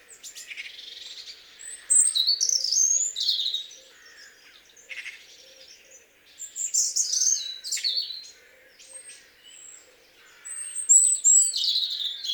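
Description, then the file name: European robin singing a busy run of short, high, liquid phrases in quick succession, with thin whistles and trills and brief pauses between them. "Erithacus rubecula"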